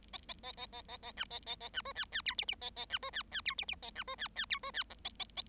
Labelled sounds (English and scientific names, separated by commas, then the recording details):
Bengalese Finch (Lonchura striata domestica) song
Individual Bird7